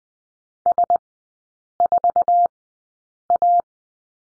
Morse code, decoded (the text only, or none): S4A